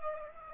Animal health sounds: mosquito wingbeat signal from an infrared sensor; Aedes aegypti

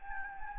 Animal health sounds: mosquito wingbeat signal from an infrared sensor; Anopheles gambiae

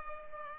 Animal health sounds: mosquito wingbeat signal from an infrared sensor; Culex pipiens

